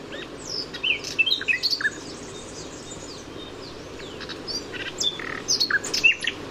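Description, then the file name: Common nightingale song: scattered whistled and chirping notes in short bursts near the start and again toward the end, separated by quieter pauses, over steady low background noise. "Luscinia megarhynchos"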